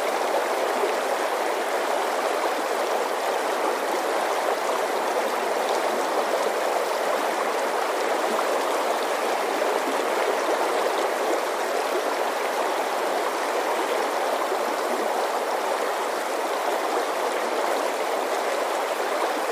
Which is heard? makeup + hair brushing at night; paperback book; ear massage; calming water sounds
calming water sounds